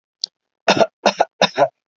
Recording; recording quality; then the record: shallow voluntary cough; excellent, no background noise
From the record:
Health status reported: healthy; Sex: male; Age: 35 years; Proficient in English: yes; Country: India